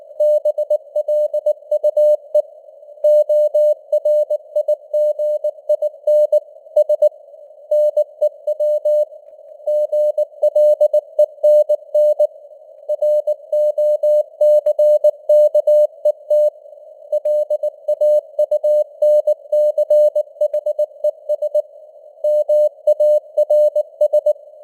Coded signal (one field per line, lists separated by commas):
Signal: Morse code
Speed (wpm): 19 wpm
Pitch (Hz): 600 Hz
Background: none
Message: BLUE ORIGIN S NEW GLENN ROCKET LAUNCHES MARS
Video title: Morse Code News | 2025-11-14 | 19wpm